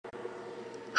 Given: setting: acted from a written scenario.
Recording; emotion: vocal sound without words; confusion